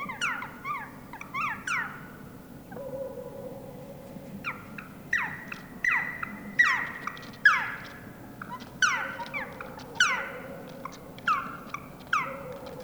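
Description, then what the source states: Black Woodpecker calling: a long run of sharp, downward-sliding notes, given singly and in short clusters. Field recording from Finland, released in 1988 on cassette.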